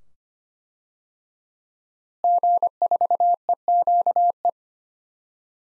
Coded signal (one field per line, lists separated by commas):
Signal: Morse code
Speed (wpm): 25 wpm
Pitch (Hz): 700 Hz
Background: none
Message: G4EQE